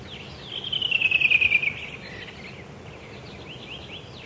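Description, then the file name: Redwing song: a quick descending run of bright, trilled notes lasting about a second, then soft scratchy twittering over steady background hiss. "drozd belobrovik"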